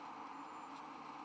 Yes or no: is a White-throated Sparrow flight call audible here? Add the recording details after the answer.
no. No flight call is heard. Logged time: 01:35 on 14 December 2014